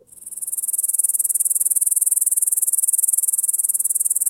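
Insect call: a very high, rapidly pulsed buzz that swells in over the first second, then holds steady with fast, even pulses throughout.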